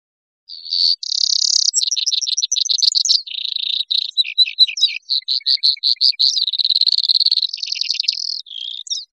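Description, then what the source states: Brewer's sparrow song: a long, nonstop chain of high buzzy trills that shifts speed and pitch every second or so, from fast rattles to slower chipping runs. Costa Rica.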